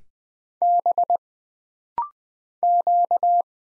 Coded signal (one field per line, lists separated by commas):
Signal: Morse code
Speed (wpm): 20 wpm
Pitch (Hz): 700 Hz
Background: none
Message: B Q